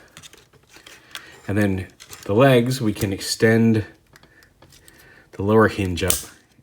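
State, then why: Not seated. Someone talks while handling the legs of a plastic Transformers: Power of the Primes Leader Class Optimal Optimus transforming robot toy, extending them and swinging the lower leg hinge up into the leg, with small plastic clicks and rattles between the words. Nothing has clicked or seated into place yet.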